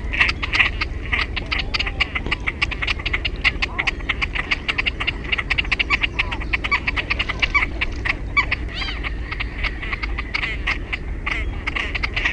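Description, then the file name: Great crested grebe calls: a dense run of harsh, rapid clicking and rattling notes, overlapping almost without pause, with a few brief rising notes mixed in over low background rumble. "SILKKIUIKKU"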